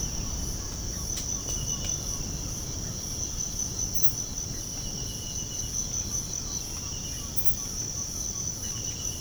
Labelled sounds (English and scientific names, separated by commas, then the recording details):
none
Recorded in pastures near Puerto Asís, Putumayo, Colombia, on 21 March 2025 at 05:30
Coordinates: 0.497, -76.327
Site G072